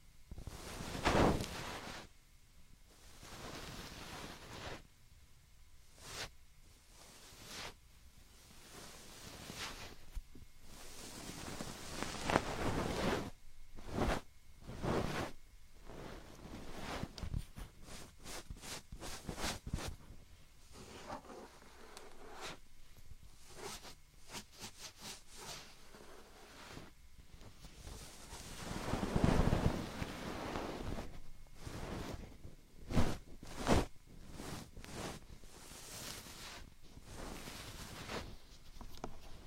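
Binaural ear picking and ear massage: irregular scratchy, rustling strokes come in short bursts and clusters across the clip, with louder rubbing swells near 1–2, 12–13 and 29–30 seconds. Between strokes there is a soft, steady hiss.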